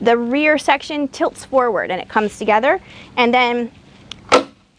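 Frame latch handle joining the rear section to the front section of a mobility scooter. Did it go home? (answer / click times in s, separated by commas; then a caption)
yes / 4.1 s. Someone talks while the front and rear frame sections of a Drive Medical Scout 4 travel mobility scooter are aligned on red marks and the rear section is tilted forward. The metal frame latch handle joining the rear section to the front section snaps into place with a sharp click at 4.1 s, followed by a louder knock at 4.3 s.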